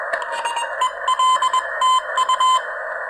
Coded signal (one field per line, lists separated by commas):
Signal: Morse code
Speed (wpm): 21 wpm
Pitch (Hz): 1030 Hz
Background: radio noise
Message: EL TU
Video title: Morse code in Hamradio